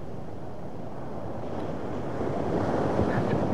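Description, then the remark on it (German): House-high ocean waves crash in a steady, roaring wash of surf that builds louder in the last second, with a rush of wind running underneath and no voices. “Den haushohen Wellen.”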